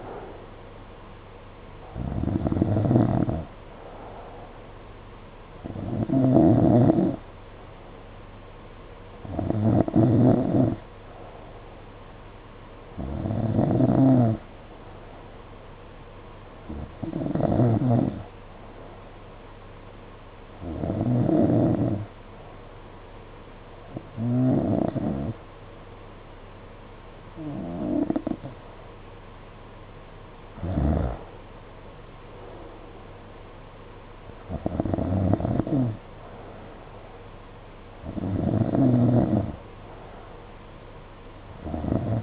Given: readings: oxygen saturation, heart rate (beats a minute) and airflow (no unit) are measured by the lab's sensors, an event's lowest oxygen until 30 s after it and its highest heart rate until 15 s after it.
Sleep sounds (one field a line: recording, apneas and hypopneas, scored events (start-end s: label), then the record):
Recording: breathing in sleep by a voice recorder at the bedside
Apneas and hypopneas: 1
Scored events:
19.00-32.40 s: hypopnea (N2, oxygen 92% highest, then 91% lowest, heart rate 53 at the start, 57 highest)
From the record:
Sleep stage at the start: N2 (light sleep)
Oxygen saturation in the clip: 91 to 92%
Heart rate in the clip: 52 to 59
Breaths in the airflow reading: 11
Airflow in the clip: -8.5 to 8.1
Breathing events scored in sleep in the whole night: 476 in 9.7 hours asleep